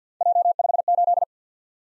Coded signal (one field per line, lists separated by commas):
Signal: Morse code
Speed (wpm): 47 wpm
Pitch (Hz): 700 Hz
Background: none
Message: J58